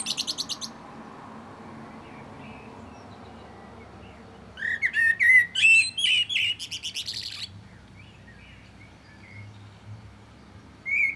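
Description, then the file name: Common blackbird song: a high twittering burst, then a low fluted warble around midway ending in squeaky, buzzy twitters, with another phrase starting at the end. "Turdus merula"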